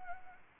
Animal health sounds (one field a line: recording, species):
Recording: mosquito wingbeat signal from an infrared sensor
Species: Anopheles arabiensis